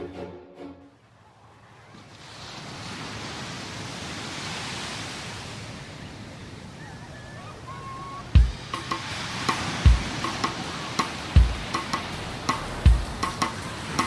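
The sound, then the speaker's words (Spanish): A steady, hissing wash of surf rises after a brief quiet, then regular low thuds of breaking waves land about every second and a half over the continuous roar. “Ay, qué ganas de estar ya en la playa, en bares de madera, escuchando las olas.”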